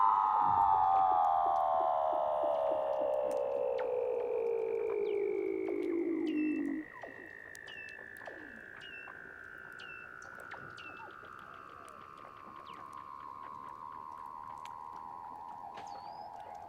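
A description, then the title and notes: Weddell seals call underwater, opening with a loud, long descending whistle that slides from a mid pitch down to a low one and cuts off around seven seconds. A fainter, higher glide keeps falling throughout, while short clicks and chirps pop up repeatedly. Douglas Quin - Weddell Seals (Underwater).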